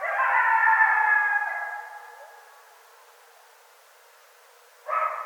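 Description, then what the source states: Coyote howl, a long held wavering note that gradually fades into quiet, then a fresh howl breaks in abruptly near the end. More than one coyote; recorded 16 January 2013.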